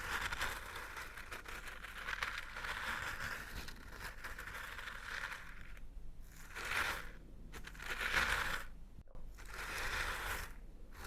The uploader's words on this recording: Old-Time Riches Crunchy Stirring. NO TALKING.